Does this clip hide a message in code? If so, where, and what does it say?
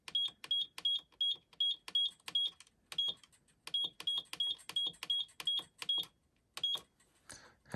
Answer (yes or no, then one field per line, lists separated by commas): no